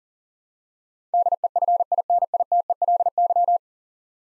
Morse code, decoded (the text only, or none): DEFINITELY